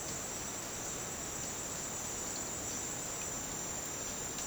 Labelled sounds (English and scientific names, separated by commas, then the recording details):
none
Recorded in dense forest near Puerto Asís, Putumayo, Colombia, on 27 June 2025 at 09:00
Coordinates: 0.484, -76.317
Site G045